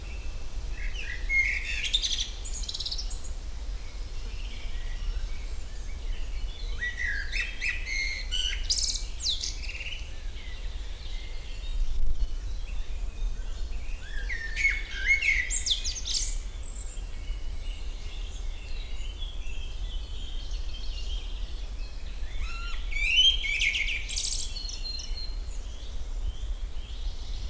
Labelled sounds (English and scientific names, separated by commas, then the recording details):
Common Blackbird (Turdus merula) song
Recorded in the wild
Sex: male
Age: adult
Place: Lübars (Fließtal), Berlin, DE
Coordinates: 52.6167, 13.35
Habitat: forest
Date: 1999-05-30 12:55
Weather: fair, 26°C
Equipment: Sony MD-WM MZ-R3, Sennheiser ME 80, Kopie Uher 4000 Report Monitor
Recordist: Tembrock, Günter